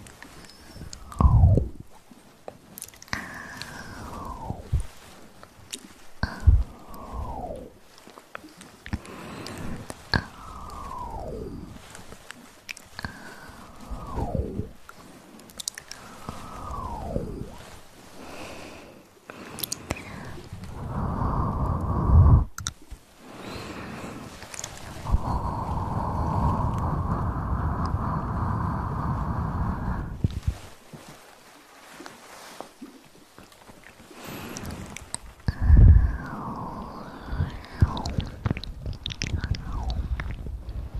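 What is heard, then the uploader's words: Wet mouth sounds of a massage, with repeated falling sweeps every two seconds, then a longer steady swish near the middle and sharp clicks. Mouth and Ear Massage.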